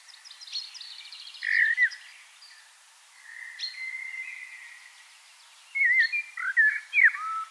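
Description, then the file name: Common blackbird giving soft warbled phrases and a slurred, fluty whistle, followed after a lull by a brighter twittering run. "Turdus merula"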